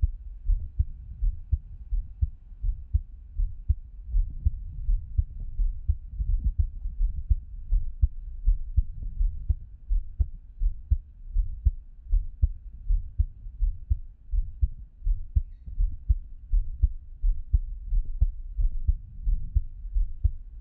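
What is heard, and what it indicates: Steady low thumping heartbeat, roughly 83 beats a minute, heard close up with a faint background hum and no talking.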